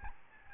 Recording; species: mosquito wingbeat signal from an infrared sensor; Aedes albopictus